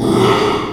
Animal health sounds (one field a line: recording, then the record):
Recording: squeal of a Yucatan mini pig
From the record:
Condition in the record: after surgery on the right vocal fold (resection and tissue-engineered implant)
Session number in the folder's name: 1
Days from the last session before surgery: 6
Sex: male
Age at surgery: 12 weeks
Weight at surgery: 13 kg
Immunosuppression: cyclosporine, prednisolone